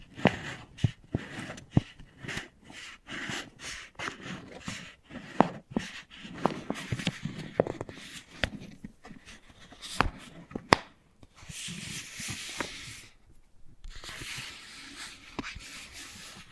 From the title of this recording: Wooden Ball Triggers